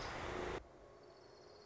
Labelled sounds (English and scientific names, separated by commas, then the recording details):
Orange-crowned Warbler (Leiothlypis celata)
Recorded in Sonoma County, California